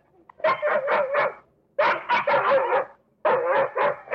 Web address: un groupe de chiens aboient les uns sur les autres avant le combat